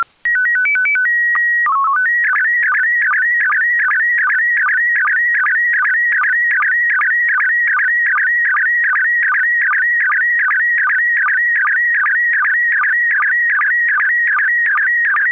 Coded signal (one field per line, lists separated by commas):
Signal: SSTV (slow-scan television)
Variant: PD 50